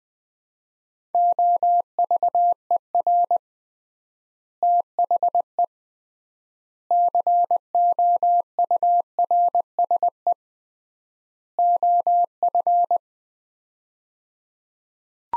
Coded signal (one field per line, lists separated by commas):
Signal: Morse code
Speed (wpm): 20 wpm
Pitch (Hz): 700 Hz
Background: none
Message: OVER THE COURSE OF